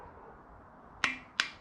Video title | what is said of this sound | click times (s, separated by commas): 1000HP FORGED 2JZ BOTTOM END ASSEMBLY | in there till I hear a click. | 1.0 s, 1.4 s